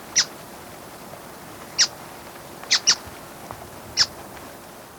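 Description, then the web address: Buff-browed foliage-gleaner uttering single sharp, high, squeaky call notes at irregular intervals, five in total, with one quick double note. Ecuador. "Birds of Ecuador. Buff-Browed Foliage-Gleaner"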